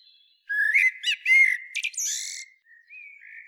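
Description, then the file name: Eurasian blackbird song, a quick run of mellow whistled notes leading into a scratchy high flourish, then softer trailing warbles. "Turdus merula"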